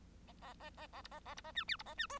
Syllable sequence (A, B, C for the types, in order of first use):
A A A A A B A A B A C D B A C E